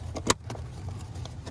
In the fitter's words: Make sure it clicks.